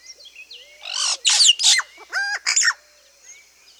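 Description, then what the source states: Yellow-rumped cacique calls: a mix of liquid, gurgling bursts and a clipped, ladder-like nasal phrase, with softer whistled notes in the background before and after. South America.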